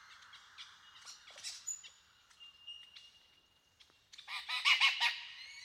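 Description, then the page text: Superb lyrebird song, scattered soft clicks and a thin sustained whistle, then a loud burst of harsh rapid chattering near the end. "Большая птица-лира - Superb Lyrebird (Menura novaehollandiae)"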